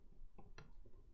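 The wheel of a 1:8 scale 1961 E-Type Jaguar model is worked onto the chassis so its tabs sit inside the chassis tabs. After a faint tick around 0.4 s, a single sharp click at 0.6 s marks the wheel dropping into place. The wheel is seated.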